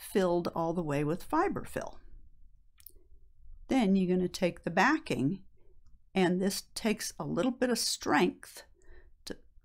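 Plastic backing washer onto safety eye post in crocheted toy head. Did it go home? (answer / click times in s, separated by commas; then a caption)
yes / 9.3 s. A plastic washer backing is pressed firmly onto the post of a 12 mm safety eye through a crocheted acrylic amigurumi head, not yet filled all the way with fiberfill, while someone talks. The backing takes a bit of strength and clicks into place at 9.3 seconds, seated on the post, where its ridges keep it from coming out.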